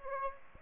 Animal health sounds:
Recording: mosquito wingbeat signal from an infrared sensor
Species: Aedes aegypti

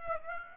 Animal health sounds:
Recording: mosquito wingbeat signal from an infrared sensor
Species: Aedes aegypti

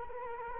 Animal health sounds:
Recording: mosquito wingbeat signal from an infrared sensor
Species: Culex quinquefasciatus

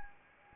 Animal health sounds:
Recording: mosquito wingbeat signal from an infrared sensor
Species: Anopheles arabiensis

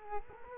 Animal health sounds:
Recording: mosquito wingbeat signal from an infrared sensor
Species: Culex quinquefasciatus

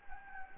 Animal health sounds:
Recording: mosquito wingbeat signal from an infrared sensor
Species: Anopheles gambiae

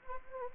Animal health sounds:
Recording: mosquito wingbeat signal from an infrared sensor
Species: Anopheles arabiensis

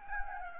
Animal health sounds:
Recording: mosquito wingbeat signal from an infrared sensor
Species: Anopheles gambiae

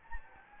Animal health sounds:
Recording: mosquito wingbeat signal from an infrared sensor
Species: Anopheles gambiae

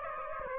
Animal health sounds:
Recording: mosquito wingbeat signal from an infrared sensor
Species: Aedes aegypti

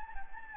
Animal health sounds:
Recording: mosquito wingbeat signal from an infrared sensor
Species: Anopheles gambiae

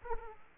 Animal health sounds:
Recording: mosquito wingbeat signal from an infrared sensor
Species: Aedes aegypti

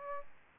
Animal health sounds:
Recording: mosquito wingbeat signal from an infrared sensor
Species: Aedes albopictus

